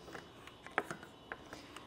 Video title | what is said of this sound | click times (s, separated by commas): etrailer - Setting up the Thule WingBar Evo Roof Rack for Naked Roofs on a 2020 Ford F-150 | you hear that click right there it's not a bad idea to just turn it again | 0.8 s